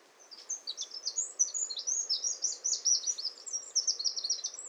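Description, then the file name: Eurasian wren song, a long, unbroken run of shrill, quick trills and tinkling high notes, loud and fast throughout. "Troglodytes troglodytes"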